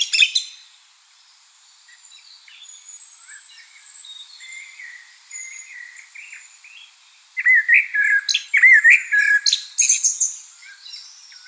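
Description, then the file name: Common blackbird song: a brief loud burst, then soft phrases, then a loud sequence of looping whistles and sharp squeaky twitters. "Turdus merula"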